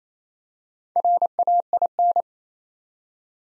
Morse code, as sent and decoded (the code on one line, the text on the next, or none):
.-. .- .. -.
RAIN